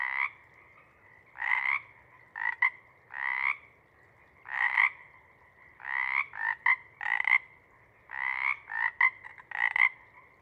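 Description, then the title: Pacific chorus frogs calling in bursts of harsh croaks near the same pitch, with quiet gaps between them. Pacific chorus frog chorus at a pond before morning twilight, late night; full chorus breaking into waves circling the pond, then staccato sections tapering as temperature drops and frogs leave to hunt. "Chorus Frogs, Chorus Waxes and Wanes, pre-morning-twilight"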